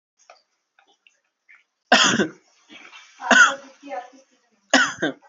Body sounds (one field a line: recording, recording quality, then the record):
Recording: shallow voluntary cough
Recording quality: excellent, no background noise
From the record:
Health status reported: healthy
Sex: male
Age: 21 years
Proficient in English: yes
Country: India